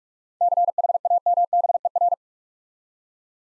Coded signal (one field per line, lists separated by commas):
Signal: Morse code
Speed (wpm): 44 wpm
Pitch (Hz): 700 Hz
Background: none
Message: CHAMBER